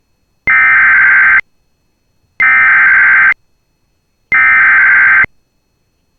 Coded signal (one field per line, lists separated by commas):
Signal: Emergency Alert System (SAME) tones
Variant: header bursts